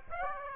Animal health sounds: mosquito wingbeat signal from an infrared sensor; Aedes aegypti

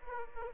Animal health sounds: mosquito wingbeat signal from an infrared sensor; Aedes aegypti

